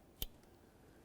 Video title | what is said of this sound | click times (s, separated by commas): How to Replace Water Pump 2009-2020 Dodge Journey | slide it in listen for a click give it a little tug make sure it's secure | 0.2 s